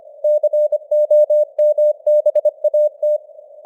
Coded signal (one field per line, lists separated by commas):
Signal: Morse code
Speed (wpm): 25 wpm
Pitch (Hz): 600 Hz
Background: none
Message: COMBAT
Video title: Morse Code News | 2025-11-09 | 25wpm